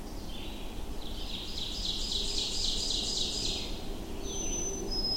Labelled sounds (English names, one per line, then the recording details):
Ovenbird song
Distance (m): 35 m
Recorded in boreal forest in Alberta, Canada, on 25 June 2016 at 07:14
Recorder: SongMeter 3, array SBT-6-76
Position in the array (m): 15 m, 116 m
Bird 2